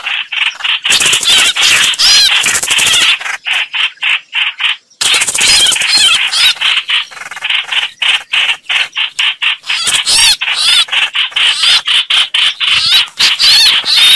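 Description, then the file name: Red-whiskered bulbul distress call: rapid harsh rasping notes, about four a second, broken by short pauses and mixed with higher warbled, chevron-shaped notes. Distress call, a bird calling for help. "Tieng trao trao keu cuu"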